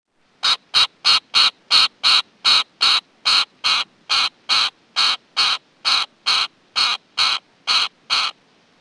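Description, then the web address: Wilson's snipe giving a steady series of harsh, clipped notes, roughly two to three per second, each note even and rasping, with a quiet background. "Peterson North American Birds"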